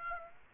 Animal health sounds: mosquito wingbeat signal from an infrared sensor; Aedes aegypti

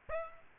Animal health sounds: mosquito wingbeat signal from an infrared sensor; Aedes aegypti

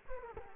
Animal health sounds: mosquito wingbeat signal from an infrared sensor; Culex quinquefasciatus

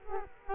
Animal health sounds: mosquito wingbeat signal from an infrared sensor; Culex quinquefasciatus

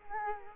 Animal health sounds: mosquito wingbeat signal from an infrared sensor; Culex quinquefasciatus

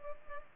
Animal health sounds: mosquito wingbeat signal from an infrared sensor; Culex pipiens

